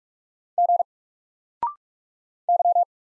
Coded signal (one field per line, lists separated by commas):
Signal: Morse code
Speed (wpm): 46 wpm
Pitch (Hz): 700 Hz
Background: none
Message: G Y